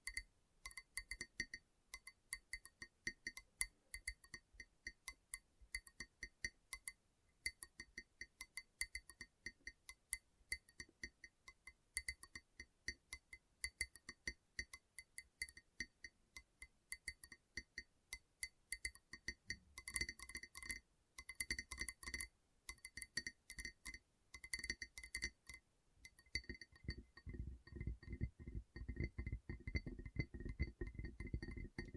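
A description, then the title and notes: Gentle tapping on a hard, glassy surface: quick, irregular light taps that ring with a clear, bright clink. The taps come in fast clusters with brief pauses, and past the 26-second mark they turn denser with a low, muffled rumble underneath. ASMR Gentle Tapping.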